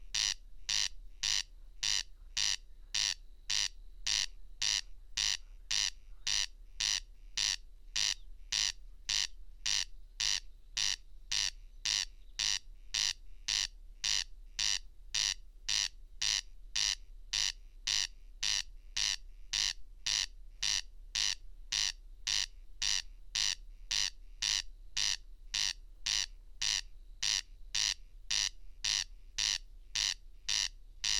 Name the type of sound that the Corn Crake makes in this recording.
song